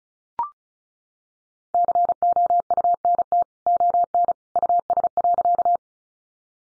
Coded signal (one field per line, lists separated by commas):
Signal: Morse code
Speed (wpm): 34 wpm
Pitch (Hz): 700 Hz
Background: none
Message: COUNT ON US.